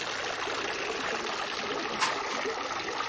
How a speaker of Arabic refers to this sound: الدش مفتوح على الآخر. الدش علينا. مين اللي فتحه؟ يا لهوي الدش مفتوح صحيح